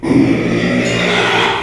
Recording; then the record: squeal of a Yucatan mini pig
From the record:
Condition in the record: after surgery on the right vocal fold (resection and tissue-engineered implant); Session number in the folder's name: 1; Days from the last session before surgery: 6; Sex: male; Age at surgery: 12 weeks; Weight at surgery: 13 kg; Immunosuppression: cyclosporine, prednisolone